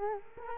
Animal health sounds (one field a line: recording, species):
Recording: mosquito wingbeat signal from an infrared sensor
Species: Culex quinquefasciatus